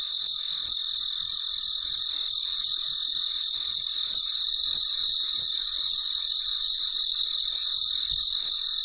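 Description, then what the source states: Cricket song: rhythmic high chirps, around three each second, evenly spaced above a steady high insect hiss. Late at night, in deep quiet.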